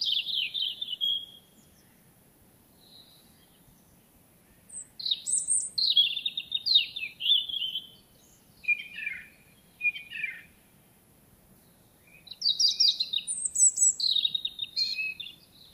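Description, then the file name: European robin sings several separate phrases of high, thin warbling, with descending whistles and rapid trills, separated by pauses. "Erithacus rubecula"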